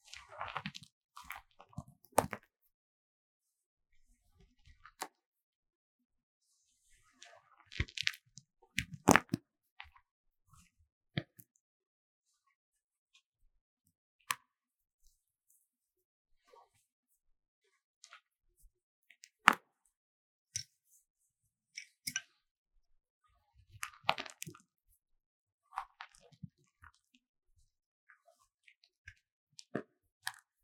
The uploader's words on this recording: Relaxing Scrape Magnesium Powder Block | NoTalking.